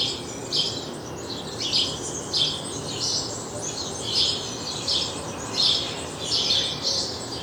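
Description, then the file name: House sparrow giving a series of irregular chirps, some clustered closely together, over steady background hiss. "Passer domesticus"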